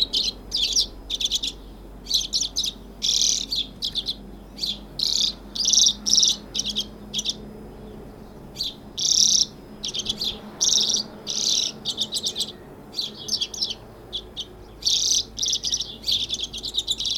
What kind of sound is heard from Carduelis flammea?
song